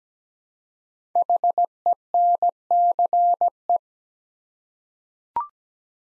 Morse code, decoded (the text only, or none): HENCE